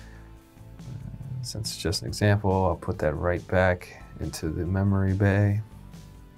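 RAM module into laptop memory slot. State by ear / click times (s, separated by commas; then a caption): not seated / none. A RAM module is handled at the memory bay of a Panasonic Toughbook CF-C2 laptop while someone talks over background music. Nothing has seated or clicked into place yet.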